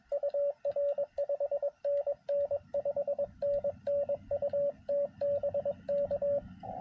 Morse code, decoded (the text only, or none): UR 5NN 5NN UT BK